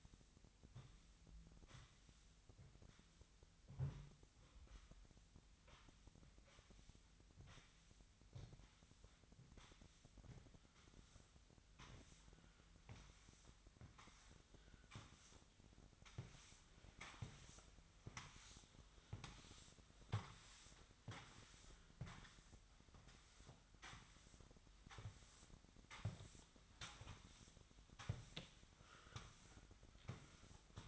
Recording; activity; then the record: daily activity, microphone in the room; sweep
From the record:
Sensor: 3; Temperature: 25.2 degrees Celsius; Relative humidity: 38.4%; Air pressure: 1001.6 hPa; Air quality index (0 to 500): 224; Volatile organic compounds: 31 ppm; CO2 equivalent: 2978 ppm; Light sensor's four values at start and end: 11/35/15/12 and 11/34/15/12